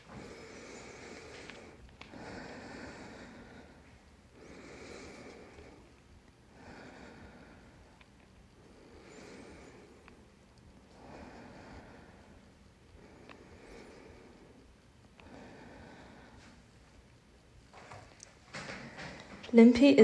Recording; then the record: deep breathing after running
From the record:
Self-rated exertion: moderate exertion (3 of 6); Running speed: 7 miles an hour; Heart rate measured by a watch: 117 beats a minute at the start, 105 at the end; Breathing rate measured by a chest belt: 23 breaths a minute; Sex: female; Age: 26 years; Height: 172 cm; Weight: 60 kg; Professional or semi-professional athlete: no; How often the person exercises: over 5 times a week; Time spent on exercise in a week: over 5 hours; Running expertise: yes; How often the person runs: 3 to 5 times a week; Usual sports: running, interval training, yoga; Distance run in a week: 50 km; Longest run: 21 km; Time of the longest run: 122 minutes